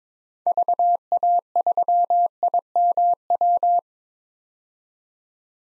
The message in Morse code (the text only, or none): VA3IMW